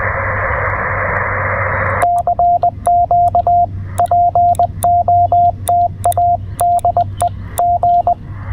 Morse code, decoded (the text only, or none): CQ POTA DE G